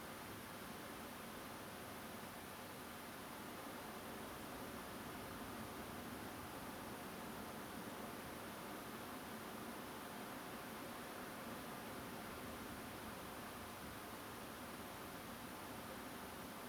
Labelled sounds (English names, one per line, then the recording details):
Song Thrush
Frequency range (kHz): Song Thrush 7.1-7.5 kHz
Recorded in France